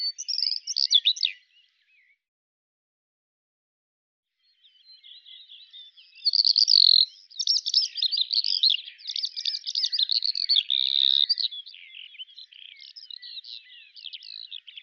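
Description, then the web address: Eurasian skylark song: a short high chattering burst, a pause of a few seconds, then a long stream of rapid, buzzy, trilling high warbles. "Deverinetal 2025 File cleaned normalized Bird Al Ar"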